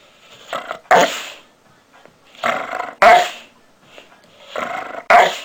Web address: labrador retriever call